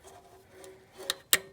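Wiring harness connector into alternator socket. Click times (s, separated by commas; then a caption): 1.3 s. A plastic wiring harness connector is pushed onto the alternator socket during an alternator install. A quieter tap at 1.1 s comes before a sharp, loud click at 1.3 s. The connector clicks in and is seated.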